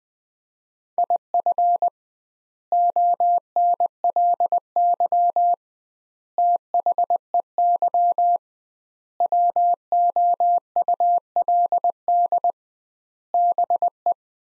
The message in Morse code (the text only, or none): IF ONLY THEY WOULD BE